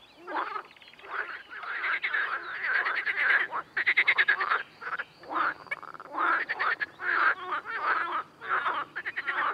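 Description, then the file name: Amphibians croaking in a dense chorus, pulsed rattling calls in bursts with brief pauses between them. Amphibian ambience. "AMBAmphibiens"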